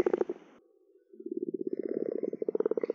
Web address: Common or Grass Frog